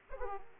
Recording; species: mosquito wingbeat signal from an infrared sensor; Aedes aegypti